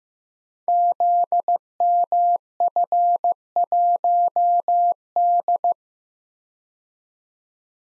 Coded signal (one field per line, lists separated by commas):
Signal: Morse code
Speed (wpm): 15 wpm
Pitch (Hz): 700 Hz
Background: none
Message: ZMF1D